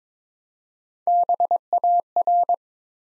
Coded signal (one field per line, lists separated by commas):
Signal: Morse code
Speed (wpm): 22 wpm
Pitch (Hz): 700 Hz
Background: none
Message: BAR